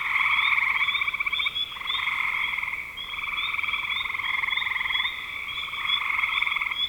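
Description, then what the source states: Chorus of frogs giving fast, raspy trills, one bout fading as the next begins, backed by a steady shrill tone. Recorded in spring 2025.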